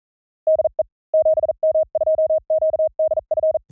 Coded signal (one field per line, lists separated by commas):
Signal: Morse code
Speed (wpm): 42 wpm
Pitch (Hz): 630 Hz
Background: none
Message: DE 7M2QDF